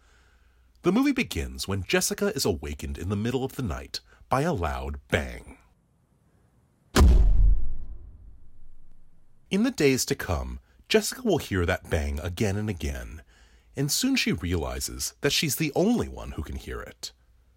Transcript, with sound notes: The movie begins when Jessica is awakened in the middle of the night by a loud bang.
(SOUNDBITE OF LOUD BANG)
In the days to come, Jessica will hear that bang again and again. And soon, she realizes that she's the only one who can hear it.